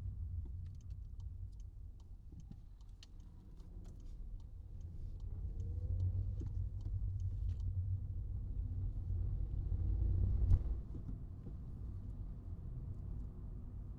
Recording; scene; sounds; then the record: everyday scene through a hearing-aid microphone; in a vehicle; engine, rumble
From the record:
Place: Skoda Fabia, gasoline engine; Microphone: in the ear canal, right